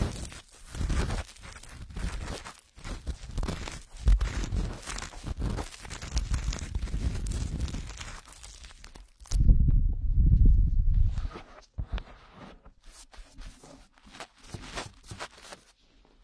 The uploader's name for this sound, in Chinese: 掏耳朵